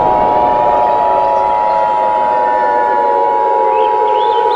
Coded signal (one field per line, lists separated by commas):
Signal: Emergency Alert System (SAME) tones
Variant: 853 and 960 Hz attention tone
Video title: EAS Scenario: 2020. Year of the End. (New Year Special!)